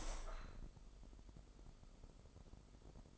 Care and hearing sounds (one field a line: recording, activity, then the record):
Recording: daily activity, microphone in the room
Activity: open window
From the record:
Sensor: 5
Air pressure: 995.8 hPa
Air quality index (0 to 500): 95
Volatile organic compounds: 5 ppm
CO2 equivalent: 1818 ppm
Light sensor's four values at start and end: 40/96/39/40 and 40/97/39/41